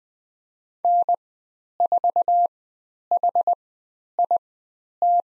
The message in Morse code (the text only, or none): N4HIT